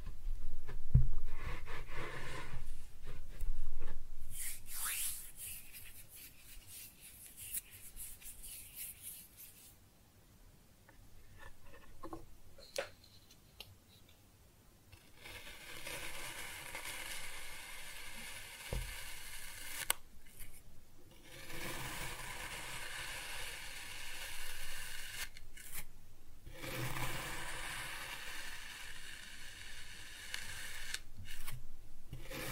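Kinetic sand is cut and scooped in a run of soft, grainy rubs and crumbling hisses. The sounds come in uneven bursts, brighter and denser from about 15 to 30 seconds, with short quiet gaps and a few light taps between strokes.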